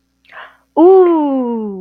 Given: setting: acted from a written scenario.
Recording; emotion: vocal sound without words; awe